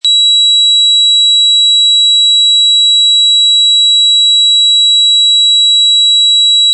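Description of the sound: A steady, piercing high-pitched whine starts abruptly and holds unchanged for about seven seconds, with a fainter, higher overtone. It is a simulated tinnitus sound, imitating the constant ringing heard in the ears without any outside source.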